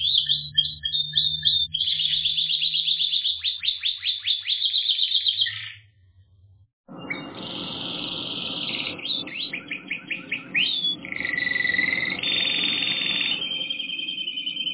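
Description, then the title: Canary song of rapid repeated notes and fast trills, pausing briefly midway, then resuming with rolling tours and buzzy phrases. "kenarijos"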